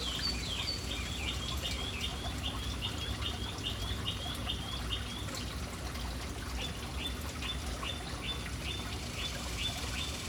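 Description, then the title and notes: Birds giving rapid series of sharp, high chirps, one run followed by another evenly spaced series, against a steady background noise. City birds hanging around an urban fountain. "Urban birds at fountain. Relaxing sounds of City Birds hanging around fountain"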